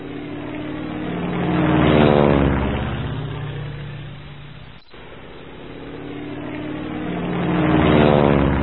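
A propeller plane circling around a treetop roars overhead, its engine rumbling like thunder, a loud droning buzz that swells, fades slightly, then surges again as it passes over a second time.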